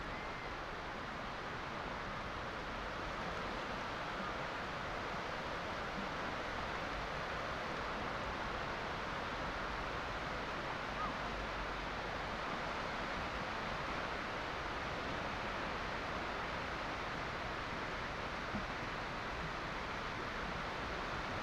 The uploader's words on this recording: Waves of the intertidal zone. This wide open beach, is white noise solitude. This sound photograph of Tenby beach is first try of something new for Lento. We recorded it dynamically, as we walked, in one unbroken 30 minute take.